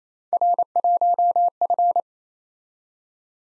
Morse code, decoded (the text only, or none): R1F